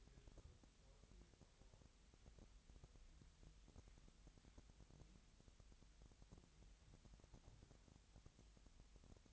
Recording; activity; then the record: daily activity, microphone in the room; wipe stove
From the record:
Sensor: 3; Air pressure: 1003.3 hPa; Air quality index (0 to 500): 198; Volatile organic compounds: 6 ppm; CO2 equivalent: 1938 ppm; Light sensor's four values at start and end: 9/21/9/9 and 9/21/9/9